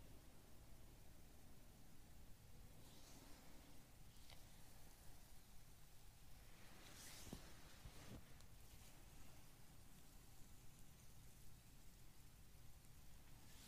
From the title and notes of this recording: Relaxing Hand and Arm Massage.